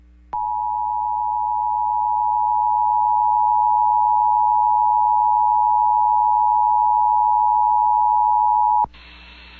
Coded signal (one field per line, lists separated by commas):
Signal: Emergency Alert System (SAME) tones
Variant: 853 and 960 Hz attention tone